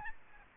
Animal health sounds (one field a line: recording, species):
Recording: mosquito wingbeat signal from an infrared sensor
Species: Aedes albopictus